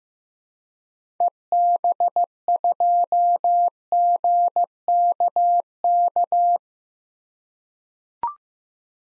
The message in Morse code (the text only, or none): EB2GKK